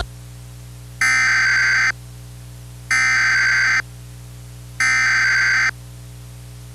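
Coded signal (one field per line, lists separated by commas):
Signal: Emergency Alert System (SAME) tones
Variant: header bursts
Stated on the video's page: Recreation of a fire-induced tornado warning EAS alert, made with CRS.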